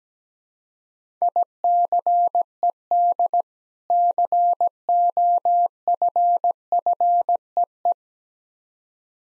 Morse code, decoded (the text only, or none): ICED COFFEE